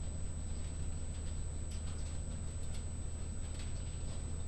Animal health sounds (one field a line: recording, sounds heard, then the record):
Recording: poultry house recording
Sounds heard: no chicken sound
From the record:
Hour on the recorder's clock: 22